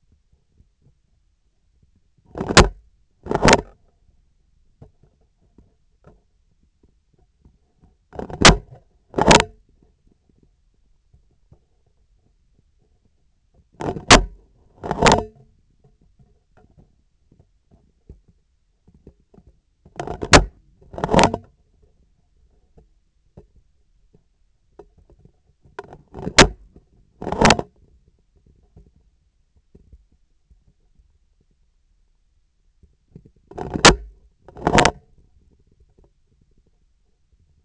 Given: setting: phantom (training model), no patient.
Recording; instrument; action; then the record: laparoscopic instrument, vibration sensor on the handle end; scissors; opening and closing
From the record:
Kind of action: tool actuation without material contact